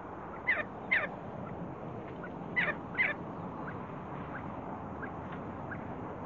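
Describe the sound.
See-see partridge giving four quick whistled notes that slide downward, in two pairs, followed by steady background hiss.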